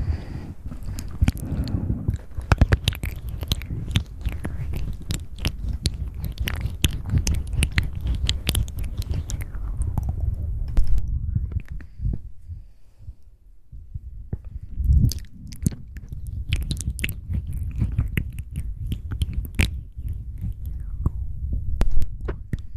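Close mouth sounds: wet clicks, smacks and chewing noises come thick and irregular over a low, soft rumble. The busiest stretch runs through the first ten seconds, then things thin and nearly stop around twelve to fourteen seconds before the clicking and smacking pick up again.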